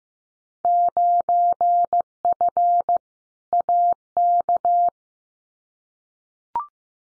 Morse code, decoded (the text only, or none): 9F AK